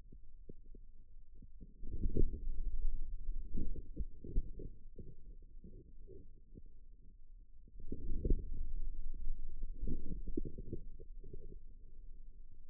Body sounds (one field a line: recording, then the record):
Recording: forearm muscle sounds (acoustic myography)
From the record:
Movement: outward rotation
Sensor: system 2, bracelet of six BSWA MPA416 microphones around the upper forearm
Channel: 1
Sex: male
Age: 22 years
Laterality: right